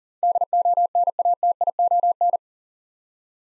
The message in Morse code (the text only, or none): DONATION